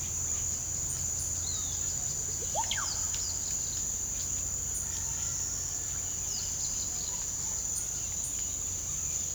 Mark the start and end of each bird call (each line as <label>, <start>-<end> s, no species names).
bird call, 0.79-3.86 s
bird call, 4.63-4.89 s
bird call, 6.13-9.35 s